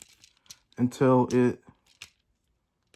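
A plastic peg on a Transformers Studio Series 86 Megatron action figure is being pushed toward its socket during transformation, with light plastic handling taps and small ticks around someone who talks. Nothing has seated or clicked into place yet.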